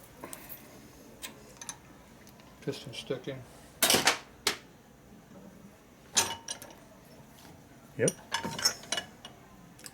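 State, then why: Partly seated. During brake repair on a 1999 Harley 80ci Evo chopper, a brake component clip is pressed into its seat on the motorcycle brake with a series of sharp metallic clicks and rattles while someone talks. The clip snaps at 8.9 s but only seats partway, staying halfway out on one side.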